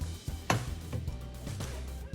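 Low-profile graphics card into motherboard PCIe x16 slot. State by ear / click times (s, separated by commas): seated / 0.5 s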